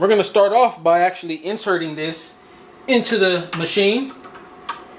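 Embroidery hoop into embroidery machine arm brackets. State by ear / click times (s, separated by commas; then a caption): seated / 4.7 s. A large embroidery hoop is pushed onto the arm brackets of an embroidery machine while someone talks. A sharp snap at 4.7 s marks the hoop seating in place.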